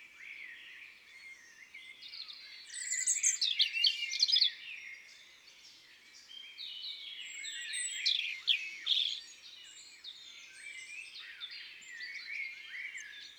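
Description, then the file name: European robin pouring out dense high warbling, swelling and fading over several seconds. Recorded in woods and forests. "Rougegorge familier Chants doiseaux des bois et des forets"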